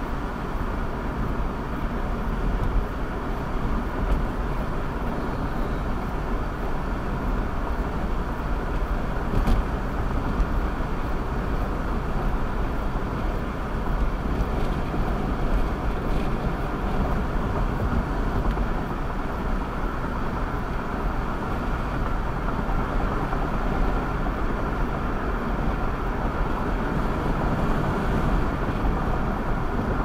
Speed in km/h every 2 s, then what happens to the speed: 69, 71, 72, 72, 74, 74, 77, 77, 77, 77, 74, 76, 76, 77, 77.
0-12 speeds up to 77. 12-30 steady at about 77.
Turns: none.